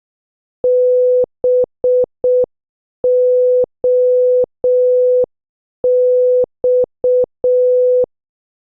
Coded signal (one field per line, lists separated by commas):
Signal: Morse code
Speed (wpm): 6 wpm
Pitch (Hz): 500 Hz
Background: none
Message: BOX